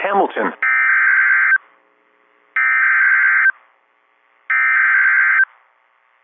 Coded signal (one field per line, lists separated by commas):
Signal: Emergency Alert System (SAME) tones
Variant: header bursts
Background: speech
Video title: EAS #1,930 Online NOAA Weather Radio Severe T’storm Warning #12 5/16/25